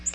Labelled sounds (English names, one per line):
Nashville Warbler flight call